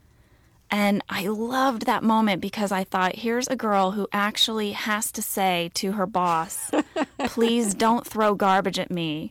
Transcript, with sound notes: And I loved that moment because I thought, here's a girl who actually has to say to her boss...
(Laughter).
...Please don't throw garbage at me.